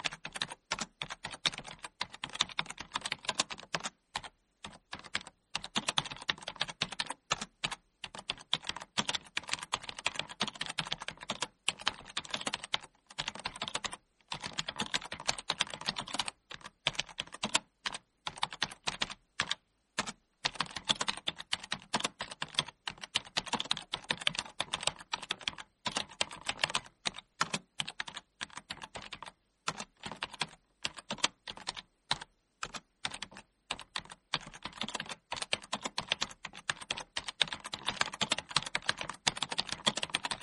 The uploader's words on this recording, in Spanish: El sonido de el teclado de una ordenador o laptop. Computer keyboard.